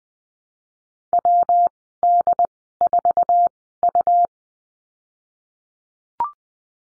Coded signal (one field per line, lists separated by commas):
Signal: Morse code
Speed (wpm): 20 wpm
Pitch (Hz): 700 Hz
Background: none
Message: WD4U